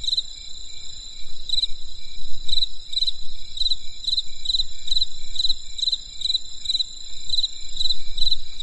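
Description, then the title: Insect: repeated pulsed chirps above a continuous ringing tone and low rumbling background. Crisp insect sounds on a winter night in the countryside. "There was a crisp sound of insects in the winter night. Come and experience a sound therapy feast from the countryside"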